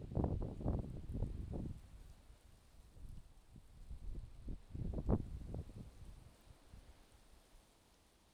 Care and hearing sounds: everyday scene through a hearing-aid microphone; wind on the microphone; wind, traffic, birds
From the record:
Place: suburban garden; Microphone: in the ear canal, left

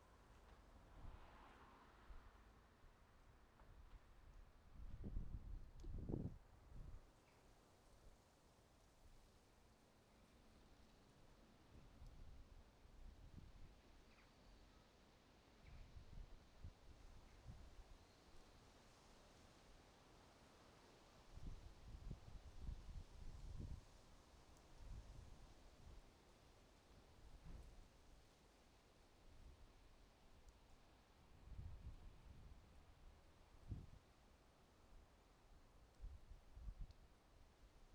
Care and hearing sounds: everyday scene through a hearing-aid microphone; wind on the microphone; wind, traffic, birds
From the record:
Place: suburban garden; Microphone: in the ear canal, right

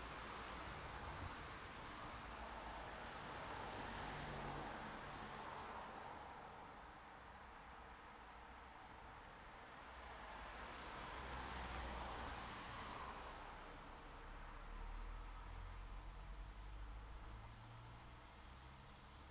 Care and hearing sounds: everyday scene through a hearing-aid microphone; in traffic; traffic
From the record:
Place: city secondary road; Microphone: in the ear canal, right

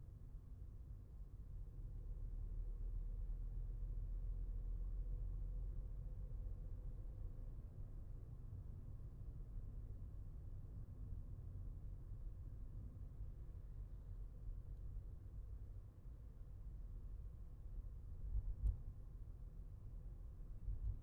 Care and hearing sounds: everyday scene through a hearing-aid microphone; in a vehicle; engine, traffic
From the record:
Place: Skoda Fabia, gasoline engine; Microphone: behind the ear, left, front

